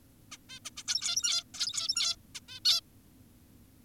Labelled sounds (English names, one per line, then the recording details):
Zebra Finch
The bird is an adult
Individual g17y2U